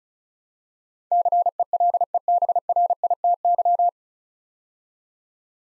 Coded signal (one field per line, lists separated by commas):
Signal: Morse code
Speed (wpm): 36 wpm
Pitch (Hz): 700 Hz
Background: none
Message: CELEBRITY